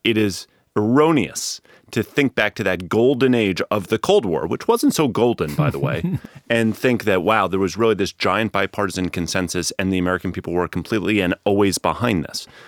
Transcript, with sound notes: It is erroneous to think back to that Golden Age of the Cold War, which wasn’t so ‘golden’ by the way. (laughs) And think that, wow, there was really this giant bipartisan consensus and the American people were completely and always behind this.